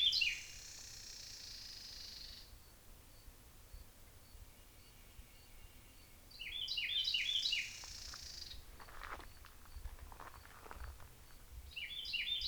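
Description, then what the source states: Birds singing, with a long, thin high whistle followed by bursts of fast chirping phrases, another drawn-out high note, and scattered soft clicks. Birds recorded in deep woods on 14 May 2017.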